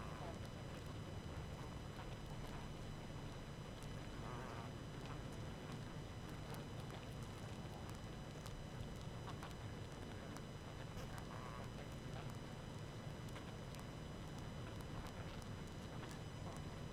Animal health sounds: honeybee colony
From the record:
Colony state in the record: active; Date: 12 June 2018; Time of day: 20:18

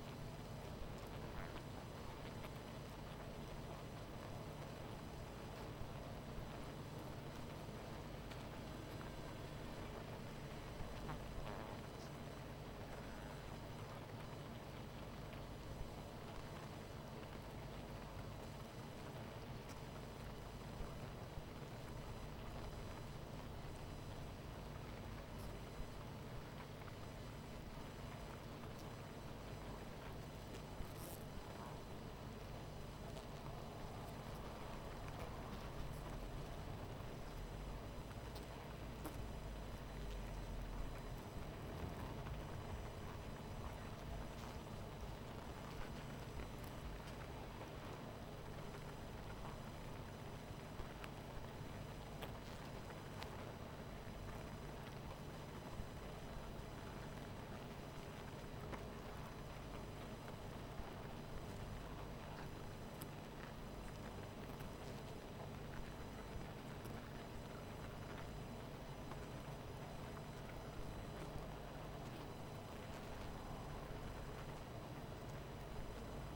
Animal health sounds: honeybee colony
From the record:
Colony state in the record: missing queen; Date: 14 July 2017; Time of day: 19:12

